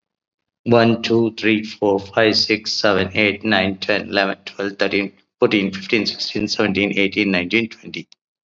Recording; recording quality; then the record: counting at a fast pace; excellent, no background noise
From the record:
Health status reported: COVID-19 positive, moderate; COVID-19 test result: positive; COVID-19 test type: rapid antigen test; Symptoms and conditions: cough, sore throat, fever, hypertension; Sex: male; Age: 55 years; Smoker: no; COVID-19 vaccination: both doses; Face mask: worn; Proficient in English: yes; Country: India